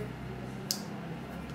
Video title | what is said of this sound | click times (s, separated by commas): Changer écran iPhone 6 hd français | ça se clipse sans problème. | 0.7 s